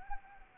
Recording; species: mosquito wingbeat signal from an infrared sensor; Anopheles arabiensis